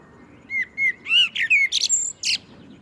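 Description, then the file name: Common blackbird song: a few low fluty whistled notes that rise and fall, then a burst of high squeaky twittering at the end. "Turdus merula"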